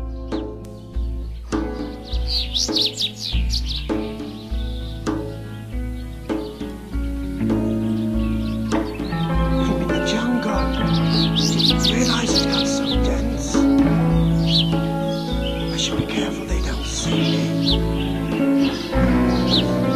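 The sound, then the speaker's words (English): Birds chirp and tweet in quick, high-pitched bursts, layered over a steady, droning musical backdrop with deep sustained bass tones that persists throughout. “The closer I get, I hear birds.”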